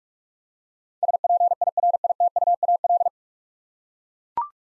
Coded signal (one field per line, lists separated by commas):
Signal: Morse code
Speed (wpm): 42 wpm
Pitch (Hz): 700 Hz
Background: none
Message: SPIRITUAL